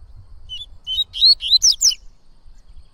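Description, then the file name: Yellow-bellied seedeater singing a single quick phrase of about six whistled upslurred notes, the last ones higher and buzzier, over a soft low background rumble. "canto de coleiro baiano"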